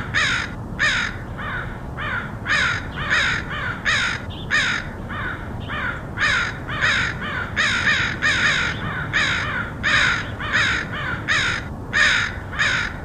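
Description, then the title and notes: Crows calling nonstop, a flock's harsh caws overlapping at varied loudness over a low background rumble. Crows recorded in Portland, Oregon, in August 2003. "Crows of Portland. Crows recorded by Dan Bodah in Portland, OR, August 2003"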